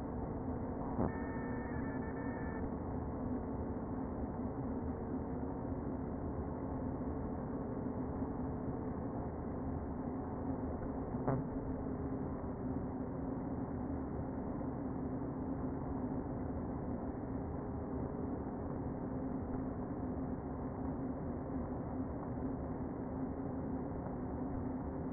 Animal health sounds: honeybee colony, microphone inside the hive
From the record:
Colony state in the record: queen present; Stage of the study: before two queens were removed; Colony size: about 60,000 bees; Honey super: yes

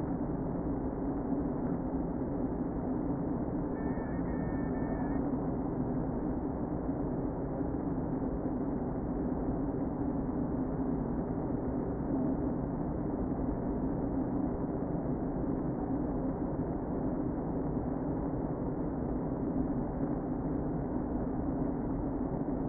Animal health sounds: honeybee colony, microphone inside the hive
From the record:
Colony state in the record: queen present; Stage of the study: before two queens were removed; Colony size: about 60,000 bees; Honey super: yes

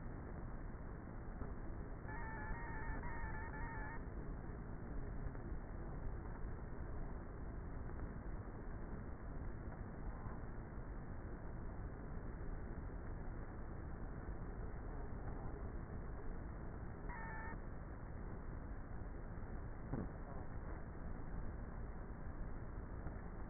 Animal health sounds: honeybee colony, microphone inside the hive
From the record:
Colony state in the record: queenless with a low population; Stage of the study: before two queens were removed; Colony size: about 30,000 bees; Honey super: no

